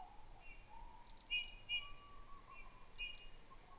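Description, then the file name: Eurasian bullfinch giving soft piping calls, short flat whistled notes repeated several times, over faint background noise and lower whistled tones. "Pyrrhula pyrrhula"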